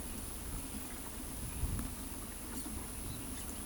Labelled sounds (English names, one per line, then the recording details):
none
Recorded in pastures near Pivijay, Magdalena, Colombia, on 3 June 2023 at 17:00
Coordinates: 10.456, -74.369
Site P6-G026